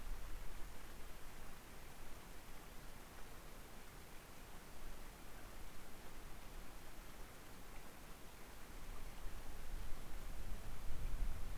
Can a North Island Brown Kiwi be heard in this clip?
no